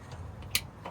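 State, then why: Seated. The electrical connector of the diesel particulate matter (soot) sensor on a 2021 Mercedes-Benz Sprinter VS30 diesel van is pushed together with its harness plug under the van. A sharp click at 0.6 s, with a few fainter ticks around it, marks the connector seating all the way.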